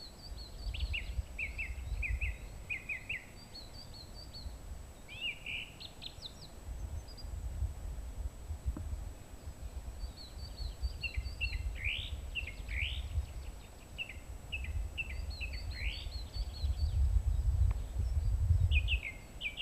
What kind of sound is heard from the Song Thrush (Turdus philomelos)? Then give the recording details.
song. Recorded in the wild. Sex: male. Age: adult. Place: Mirnock, Kärnten, AT. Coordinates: 46.75, 13.7. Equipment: Hornyphon, Phillips Mikrofon. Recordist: Brunner, Thomas